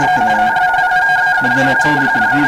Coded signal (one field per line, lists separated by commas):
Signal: RTTY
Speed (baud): 45.45 baud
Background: speech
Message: TEST XE1YD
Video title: 40M Rtty Fun and other digital modes